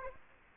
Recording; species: mosquito wingbeat signal from an infrared sensor; Aedes aegypti